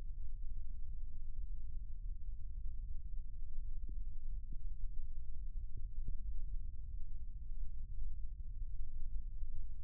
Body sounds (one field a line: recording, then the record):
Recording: forearm muscle sounds (acoustic myography)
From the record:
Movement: rest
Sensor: system 1, eight BSWA MPA416 microphones around the upper forearm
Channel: 5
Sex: male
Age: 21 years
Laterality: right